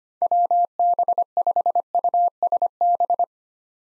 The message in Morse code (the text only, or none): WB5USB